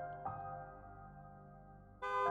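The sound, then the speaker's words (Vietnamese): A steady, droning tone hums along before a sudden, much louder car horn blast bursts in near the end, harsh and buzzy with bright overtones. “Tiếng còi xe vang lên chói tai.”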